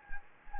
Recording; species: mosquito wingbeat signal from an infrared sensor; Anopheles gambiae